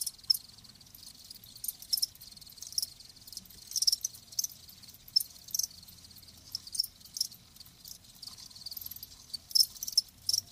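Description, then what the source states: Quieter crickets giving sparse high chirps spread through the stretch, separated by longer gaps over a soft background hiss. Live crickets chirping.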